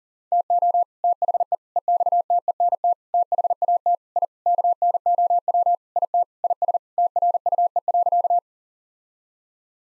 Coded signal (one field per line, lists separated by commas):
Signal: Morse code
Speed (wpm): 40 wpm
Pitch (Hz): 700 Hz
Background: none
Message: TO THE EXTENT THAT I KNOW IT IS TRUE.